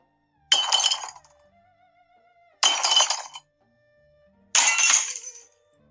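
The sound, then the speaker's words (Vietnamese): Three crashes of ceramic teapots thrown down and smashing on a hard floor, each a loud burst of shattering with tinkling fragments trailing off, spaced about two seconds apart with quiet between them. “Vô số những tiếng bình trà bị ném xuống đất.”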